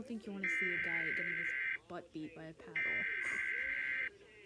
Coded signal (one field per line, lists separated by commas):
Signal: Emergency Alert System (SAME) tones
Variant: header bursts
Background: speech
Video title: Reacting to EAS history